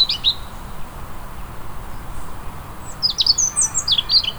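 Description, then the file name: European robin song: a short high note at the start, then a quick run of thin, sharp, sparkling whistles in the final second and a half. "Erithacus rubecula"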